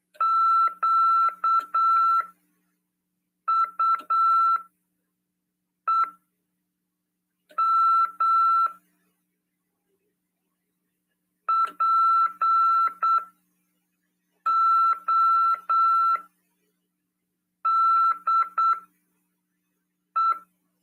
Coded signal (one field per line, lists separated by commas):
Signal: Morse code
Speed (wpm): 8 wpm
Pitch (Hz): 1340 Hz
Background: none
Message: QUEM PODE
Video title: RADIOAMADOR "AULA 47 CW" 27/8/2022 "SETEMBRO CURSOS: CW, COM. RODADA e LEGISL." PY2EXU PAULO SP/SP.